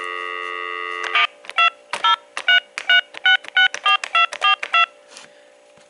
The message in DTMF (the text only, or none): 2033664242